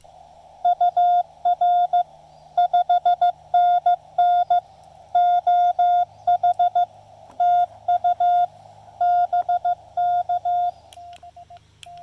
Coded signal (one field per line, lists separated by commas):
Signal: Morse code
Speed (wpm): 15 wpm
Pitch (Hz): 710 Hz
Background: none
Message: UR 5NN OH TU BK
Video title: The Chameleon CHA LEFS prevails during horrible propagation at this QRP POTA activation!